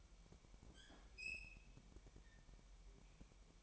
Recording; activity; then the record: daily activity, microphone in the room; open fridge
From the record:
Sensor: 1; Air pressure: 1002.0 hPa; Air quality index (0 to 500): 245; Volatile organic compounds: 51 ppm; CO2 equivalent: 3305 ppm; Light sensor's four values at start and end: 8/28/10/11 and 8/28/10/11